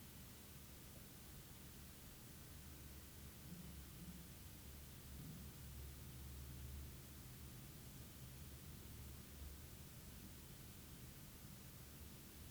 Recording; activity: daily activity, guitar pickup as the sensor; sit